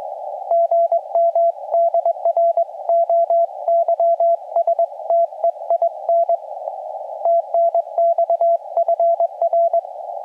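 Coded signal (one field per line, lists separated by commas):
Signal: Morse code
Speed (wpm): 19 wpm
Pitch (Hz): 680 Hz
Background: radio noise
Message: GM DR OYSTEIN TNX FR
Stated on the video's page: Portable POTA CW activation from a Norwegian nature reserve in rain, using an FT-891, with pile-up, North American DX, slow sending and fading.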